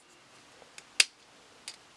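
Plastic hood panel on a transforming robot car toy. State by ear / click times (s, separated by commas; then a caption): seated / 1.0 s. A plastic hood panel on a cheap transforming robot car toy is popped up while the toy is turned into vehicle mode. After faint ticks around 0.8 s, one sharp, loud snap rings out at 1.0 s as the hood seats into place. A softer double tick follows near 1.7 s.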